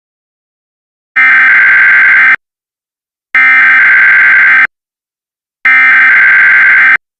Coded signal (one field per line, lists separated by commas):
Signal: Emergency Alert System (SAME) tones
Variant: header bursts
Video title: An Eas scenario countryballs attack